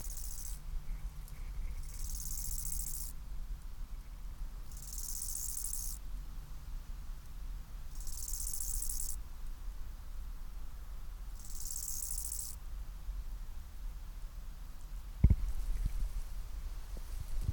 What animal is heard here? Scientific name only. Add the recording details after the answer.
Chorthippus biguttulus. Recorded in the wild. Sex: male. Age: imago. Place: Summt, Brandenburg, DE. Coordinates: 52.682, 13.377. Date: 1996-09-01 13:20. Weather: heiter, 17-18°C. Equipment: Sony MD-WM MZ-R3, Sennheiser MKH 416 T, Kopie Uher 4000 Report Monitor. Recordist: Tembrock, Günter